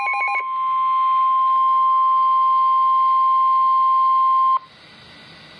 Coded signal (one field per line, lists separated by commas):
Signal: Emergency Alert System (SAME) tones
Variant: 1050 Hz attention tone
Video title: EAS #72 - Special Marine Warning